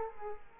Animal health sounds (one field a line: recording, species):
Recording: mosquito wingbeat signal from an infrared sensor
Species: Culex quinquefasciatus